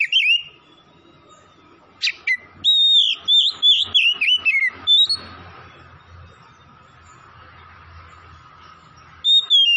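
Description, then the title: Oriental magpie-robin delivering a burst of quick, looping whistled notes, followed by a lull with low hum and a brief phrase at the end. Oriental magpie-robin from Tretes, singing vigorously (gacor). "Kacer Tretes"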